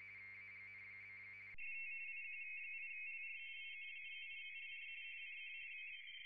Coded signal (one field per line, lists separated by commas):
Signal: RTTY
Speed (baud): 45.45 baud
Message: ST IQ8LR IQ8LR CQ